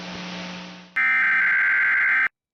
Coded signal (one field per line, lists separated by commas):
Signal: Emergency Alert System (SAME) tones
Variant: header bursts